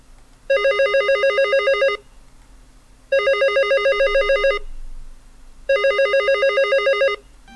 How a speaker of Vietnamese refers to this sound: Tối hôm đó, Minh đang ngồi ở nhà uống thì chuông điện thoại reo lên liên hồi.